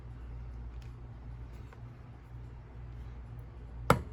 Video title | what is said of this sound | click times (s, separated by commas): Fountain Pen Friday - Lamy Al Star Bronze | There we go. Hear that pop? | 3.9 s